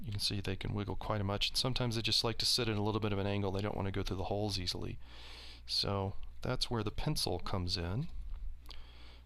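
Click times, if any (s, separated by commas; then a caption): 8.7 s. Someone talks while the removed front panel is laid back onto a Vector music sequencer, its holes fitting over the loose, wiggly button caps. The panel snaps into place on its own without any nudging, with a sharp click at 8.7 s.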